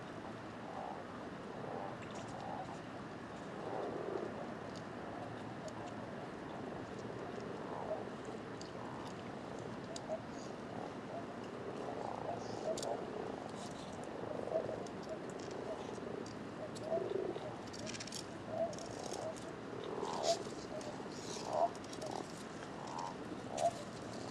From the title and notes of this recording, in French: Etang de Beaumont - Drôme - Parabole Wildtronic - 2Xmkh8020 - Mixpre 3. Une soirée splendide éclairée par la lune presque pleine. Entre 19 et 20h00 je reste au bord de l'étang à écouter le bal des Crapauds communs (Bufo bufo) et Grenouilles rousses (Rana temporia) .